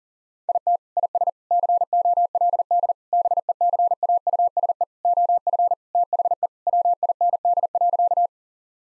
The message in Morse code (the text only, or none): IT IS COLD BECAUSE OF THE WIND.